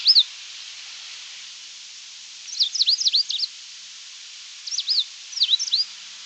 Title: LuckyPassaro Completos2Sama. Coal-crested Finch (Charitospiza eucosma)